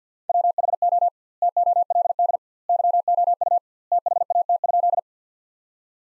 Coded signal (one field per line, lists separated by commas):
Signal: Morse code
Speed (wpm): 50 wpm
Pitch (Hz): 700 Hz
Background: none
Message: WHO TOLD YOU THAT?